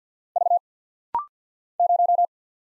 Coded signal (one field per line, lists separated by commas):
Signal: Morse code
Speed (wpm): 48 wpm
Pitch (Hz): 700 Hz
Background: none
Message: V 0